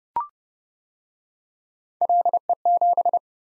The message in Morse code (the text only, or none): LE7